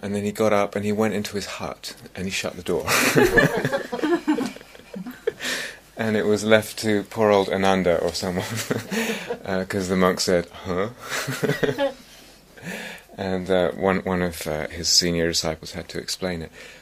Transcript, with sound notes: And then he got up, and he went into his hut, and he shut the door. [laughter] And it was left to poor old Ānanda or someone... [laughter] Because the monks said, "Huh?" [laughs] And one of his senior disciples had to explain it.